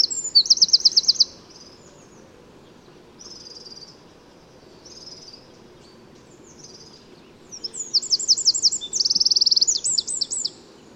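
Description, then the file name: Eurasian wren giving very high, rapid trilled bursts: one sharp rattling run at the start, a few softer brief notes midway, then a longer, louder chattering trill near the end. "Troglodytes troglodytes"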